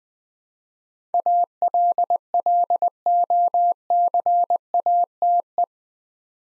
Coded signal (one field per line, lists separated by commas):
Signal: Morse code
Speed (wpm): 20 wpm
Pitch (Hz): 700 Hz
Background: none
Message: ALLOCATE